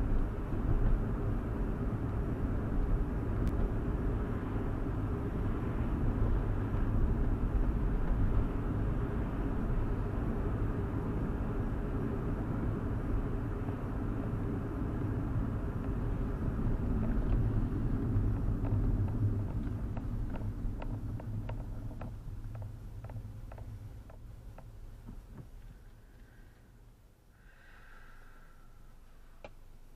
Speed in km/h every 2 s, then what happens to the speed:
58, 58, 58, 60, 60, 60, 56, 48, 42, 29, 18, 8, 0, 0, 0.
0-11 steady at about 58. 11-24 brakes to 0. 24-30 standing.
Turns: none.